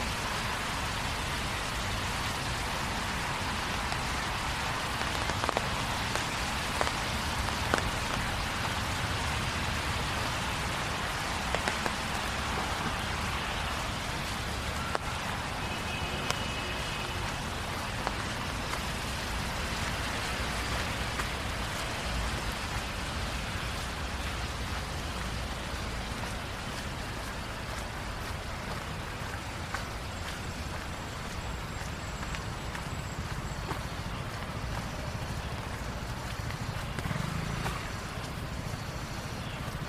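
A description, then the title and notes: A walk downtown on a rainy night, with a steady, dense hiss of rain running evenly through the whole recording. A low rumble of traffic sits underneath, and scattered small taps and splashes stand out now and then, with a faint brief tone near the middle. Going For A Walk Downtown on A Rainy Night.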